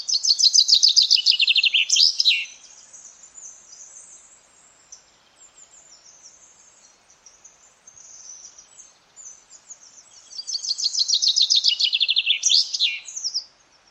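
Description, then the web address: Common chaffinch singing twice, each a bright trill falling to a terminal flourish, separated by several seconds of soft, high twittering. "Deverinetal"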